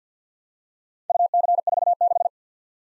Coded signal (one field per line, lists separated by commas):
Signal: Morse code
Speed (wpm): 53 wpm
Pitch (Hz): 700 Hz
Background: none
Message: UC46